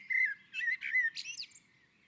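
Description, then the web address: Common blackbird, one brief song phrase of smooth fluting notes that ends with a rising squeaky note. On the roof. "sammel Naturinspelningar Koltrast på taket"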